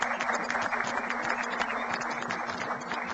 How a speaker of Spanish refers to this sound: Y ahí está el embajador, nos visita, nos acompaña y toda su comitiva. Vamos a darle de nuevo un saludo, un aplauso al embajador Chang.